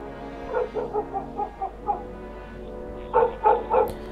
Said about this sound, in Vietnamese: Tầm độ quá 1 giờ thì bỗng chó ở quanh nhà cứ sủa nhặng lên, cứ tiếng một dấm ra dấm dứt.